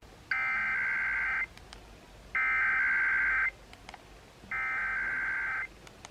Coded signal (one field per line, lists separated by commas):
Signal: Emergency Alert System (SAME) tones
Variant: header bursts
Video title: KSL's RWT (EAS #3055)